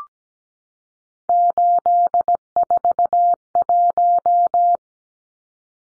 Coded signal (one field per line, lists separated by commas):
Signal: Morse code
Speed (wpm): 17 wpm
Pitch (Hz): 700 Hz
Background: none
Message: 841